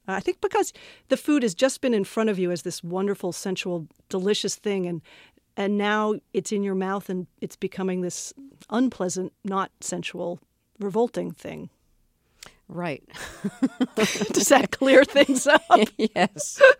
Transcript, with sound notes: I think because the food has just been in front of you as this wonderful, sensuous, delicious thing and now it's in your mouth and it's becoming this unpleasant, not sensuous, revolting thing.
Right.
(LAUGHTER)
Does that clear things up?